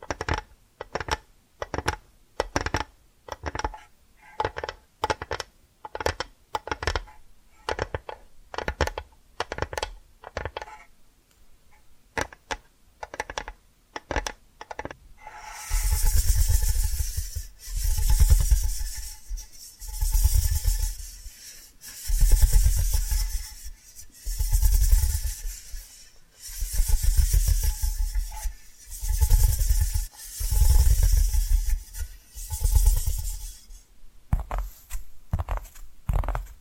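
Tapping and scratching sounds. For the first fifteen seconds there are quick, regular taps, sharp and evenly spaced. After that come longer, hissing scratches in slow repeated strokes, each lasting about a second, with short pauses between them.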